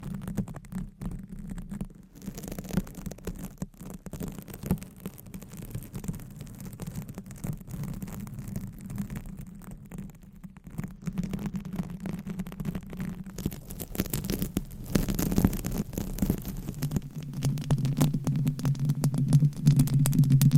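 Scratching and rubbing against a microphone cover makes a dense, rough, low rumble with a steady band of buzzing tone underneath. Sharp crackly bursts break in around two and fifteen seconds, and the scratching grows louder and harsher toward the end.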